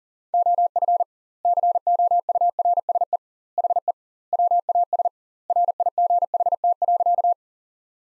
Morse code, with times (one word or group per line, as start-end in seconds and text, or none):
0.3-1.0 OF
1.5-3.2 COURSE
3.6-3.9 HE
4.3-5.1 WAS
5.5-7.3 RIGHT.